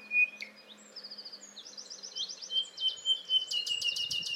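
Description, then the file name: Common nightingale song: a long thin whistle, rapid runs of repeated chirping notes, then a loud series of sharp clicking pulses over a faint steady low hum. "Luscinia megarhynchos"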